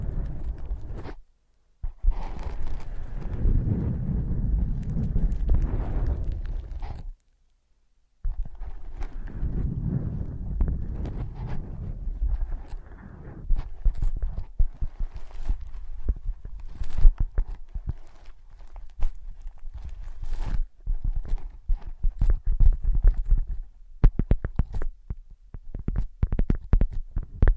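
Tapping, scratching and tracing on ear pads, heard as soft rubbing and muffled thumps. The first half is dense, low scraping broken by two short silences near 1.5 and 7 seconds, then it turns into sharper, scattered taps and clicks through the end.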